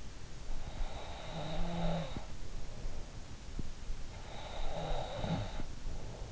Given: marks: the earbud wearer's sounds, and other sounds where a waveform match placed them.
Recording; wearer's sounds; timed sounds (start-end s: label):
sounds in sleep by an in-ear microphone; snoring breath
0.55-2.67 s: snoring breath
3.70-6.32 s: snoring breath